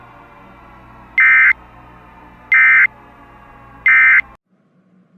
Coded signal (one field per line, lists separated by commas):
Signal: Emergency Alert System (SAME) tones